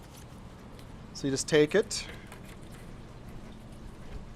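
A plastic net pot is handled at a planting port on a plastic tower garden column while someone talks briefly, with faint handling noise around it. The clip ends before the pot goes in, so nothing has seated or clicked yet.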